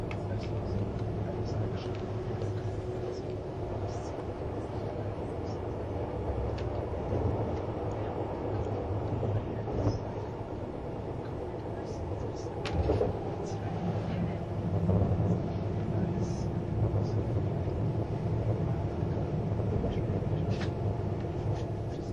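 A Swiss tilting ICN train, type RABDe500, runs on the Gotthard line with a steady low rumble and hum throughout. Faint murmuring voices sit underneath, and short clicks and knocks from the running gear come every few seconds, with a brief louder jolt near twelve seconds.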